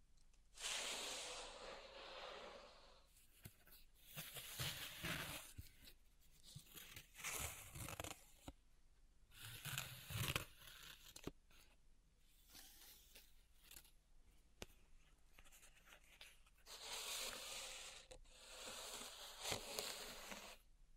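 Pink salt being raked and stirred in a zen garden, with bursts of gritty, hissing scraping near the start, around 4–5 seconds, 7–8, 10, and again at 17–19 seconds. Between the strokes come quieter crackles, small taps and soft rustling.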